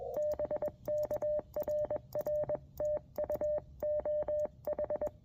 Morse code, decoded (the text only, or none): BK RR TU OH